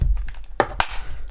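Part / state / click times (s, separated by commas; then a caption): touch screen front module into its wall mounting base / seated / 0.6 s, 0.8 s. The front module of a wall-mounted smart-home touch screen is pushed onto its wall mounting base plate until the two plastic parts clip together. After a few faint taps, two sharp clicks sound at 0.6 s and 0.8 s, showing the parts are clipped and joined.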